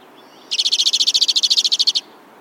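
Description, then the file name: White-winged crossbill trill: one brief, even run of about fifteen dry, rattling notes lasting under two seconds. "suara-kicauan-burung-white-winged-crossbill -omkicau"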